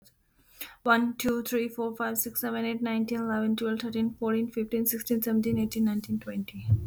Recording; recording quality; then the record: counting at a fast pace; excellent, no background noise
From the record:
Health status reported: exposed to COVID-19, no respiratory illness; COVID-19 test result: negative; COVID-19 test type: RT-PCR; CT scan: not taken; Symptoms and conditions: cough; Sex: female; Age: 24 years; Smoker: no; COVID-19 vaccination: both doses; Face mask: not worn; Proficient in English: yes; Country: United States